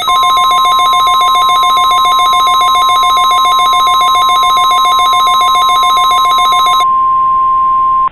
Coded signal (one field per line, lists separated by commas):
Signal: Emergency Alert System (SAME) tones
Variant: 1050 Hz attention tone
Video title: EAS Recreation Mock: Kaiju EAS Test